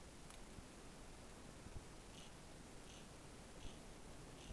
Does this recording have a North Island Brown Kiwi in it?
no